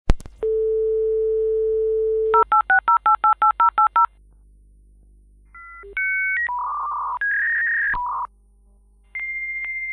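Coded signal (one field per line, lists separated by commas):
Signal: dial-up modem handshake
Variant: 56k (V.90)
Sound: steady dial tone, about 11 quick dialing beeps, pause, then tones and warbling negotiation bursts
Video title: 56K Dial-up Modem SOUND EFFECT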